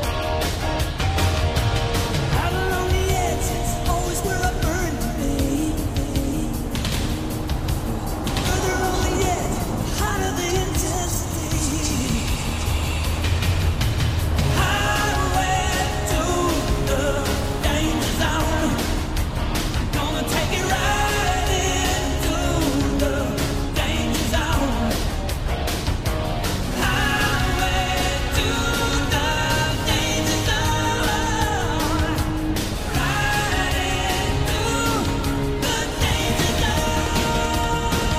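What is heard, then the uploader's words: Inside a moving vehicle, a steady low engine and road rumble fills the whole recording at an even level. Over it, a crackly radio plays music and talk with clear melodic lines, shifting around 10 and 15 seconds. An 80s Summer Drive.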